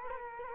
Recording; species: mosquito wingbeat signal from an infrared sensor; Culex quinquefasciatus